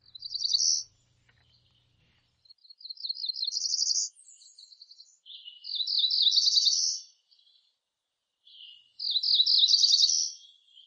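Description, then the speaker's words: Cerulean Warbler song: four high, buzzy phrases of quick repeated notes, with short pauses between. Played on a radio programme. "That was the song of the cerulean warbler, who really has something to sing about today."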